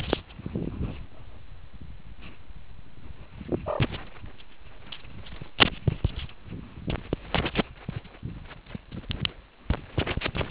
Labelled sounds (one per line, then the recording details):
meerkat close call
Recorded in the Kuruman River Reserve, South Africa
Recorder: an audio tag on a meerkat's collar